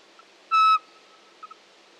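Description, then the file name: Eurasian pygmy owl giving a single short, clear whistled note at steady pitch, with a faint chirp before and two soft chirps after. "Soweczka"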